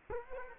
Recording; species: mosquito wingbeat signal from an infrared sensor; Culex quinquefasciatus